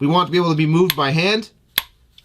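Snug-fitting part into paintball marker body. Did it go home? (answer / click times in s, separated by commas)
yes / 1.8 s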